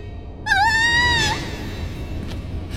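A woman's single shrill, high-pitched scream from dormitory room 917 rises sharply, wavers briefly, then holds a piercing tone for nearly a second before cutting off, leaving faint background hiss.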